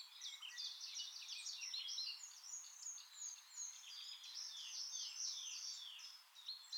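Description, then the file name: Eurasian blackcap singing a long, continuous chattering warble of quick scratchy and twittering notes, steady throughout, over a soft hiss of background noise. "Sylvia atricapilla"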